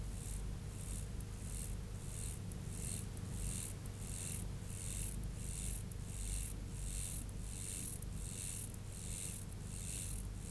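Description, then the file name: Mottled grasshopper stridulation, a steady series of brief, dry hissing pulses, with low rumbling noise underneath. "Myrmeleotettix maculatus"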